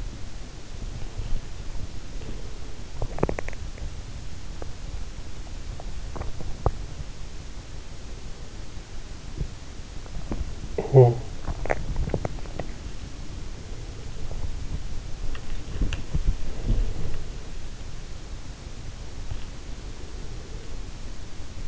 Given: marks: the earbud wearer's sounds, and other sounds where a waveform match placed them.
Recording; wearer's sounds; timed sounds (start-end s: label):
sounds in sleep by an in-ear microphone; body movement
0.00-21.68 s: body movement